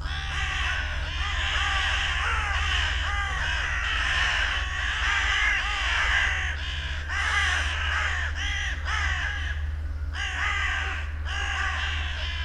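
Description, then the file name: Carrion Crow calls in a continuous crowded chorus of raspy, arched caws from many birds, with brief pauses and a constant low droning hum. "Corvus corone"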